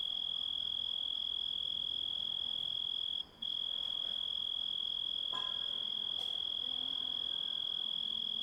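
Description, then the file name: Grasshopper trill: a thin, even, high-pitched note running on with one short gap, plus a couple of faint clicks. Composite recording of grasshopper sounds. "engisprettur"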